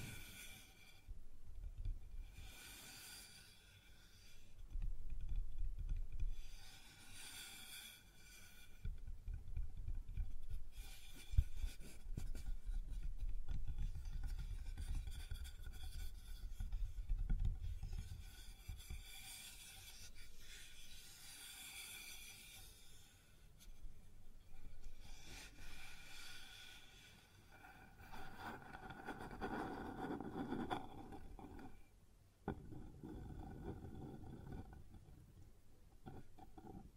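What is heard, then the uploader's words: Sounds on a wooden surface: irregular rubbing and scraping strokes that rise and fall in bursts every few seconds, with low rumbling and bright raspy edges. Around the thirtieth second the scraping turns more mid-pitched and steady before easing off. ASMR Sounds on Wooden Surface (No Talking).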